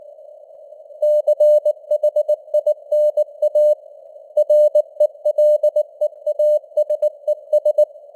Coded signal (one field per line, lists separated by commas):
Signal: Morse code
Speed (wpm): 19 wpm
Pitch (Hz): 600 Hz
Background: none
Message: CHINA RELEASES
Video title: Morse Code News | 2025-12-27 | 19wpm